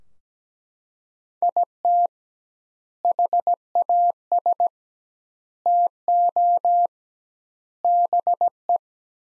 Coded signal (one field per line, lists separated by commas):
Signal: Morse code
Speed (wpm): 17 wpm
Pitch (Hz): 700 Hz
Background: none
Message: IT HAS TO BE